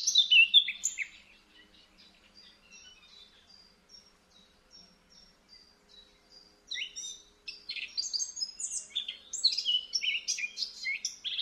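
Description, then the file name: Eurasian blackcap song: a brief loud warbled burst, then soft, thin high notes for several seconds, before a rich, rapid warble of jumbled slurred phrases resumes. "Sylvia atricapilla"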